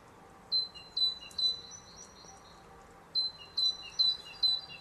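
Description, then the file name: Great tit singing repeated phrases of a strong level high whistle and a softer lower note, in two bursts separated by a short pause, over quiet background. "Parus major"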